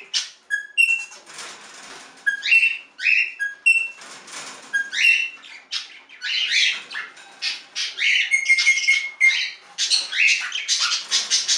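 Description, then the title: Budgerigar warbling chatter with repeated short whistled notes, grating squawks and clicks, growing denser and more continuous toward the end. "Budgie Sounds"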